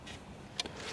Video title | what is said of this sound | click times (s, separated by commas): Electric Bike | and then push it in until you hear the click. | 0.6 s